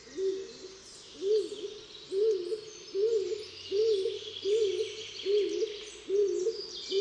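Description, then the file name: Stock dove cooing steadily, low hollow notes repeated a little under once a second, with faint bird chatter in the background. "siniak"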